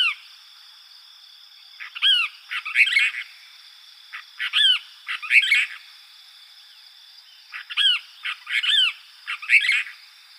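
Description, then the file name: Cassin's kingbird repeating nasal, slurred chi-beer notes in clustered pairs and triplets with rougher chattering notes mixed in; constant high-pitched hum behind. Recorded in Arizona on 13 July 2006. "deviche"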